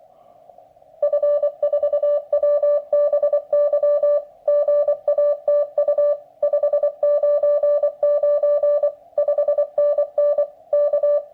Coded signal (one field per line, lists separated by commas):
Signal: Morse code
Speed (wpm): 24 wpm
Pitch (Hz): 580 Hz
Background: music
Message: F4WBY GATU 599 5NN K